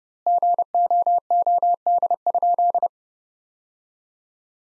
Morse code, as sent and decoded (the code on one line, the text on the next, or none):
--. --- --- -.. ..--..
GOOD?